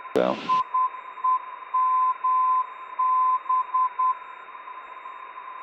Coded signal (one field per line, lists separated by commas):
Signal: Morse code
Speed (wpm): 10 wpm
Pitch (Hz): 1020 Hz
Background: speech, radio noise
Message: IEMB